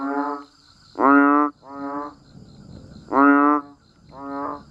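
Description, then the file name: Banded bullfrog croaks: five low, nasal, mooing notes about half a second each, some louder and some softer, spaced unevenly over the few seconds. "Tieng enh uong keu"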